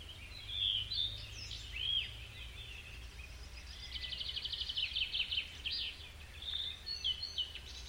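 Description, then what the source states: Birds: bird chorus with clear whistled chirps early, then a rapid pulsed trill, followed by more twittering and scattered high notes, over low steady background noise. Birds recorded in a forest.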